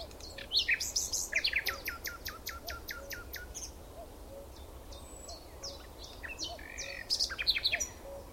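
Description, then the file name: Common nightingale song: bursts of sharp, repeated whistled notes and rapid chattering trills, separated by pauses, over a steady low background hum. "Luscinia megarhynchos"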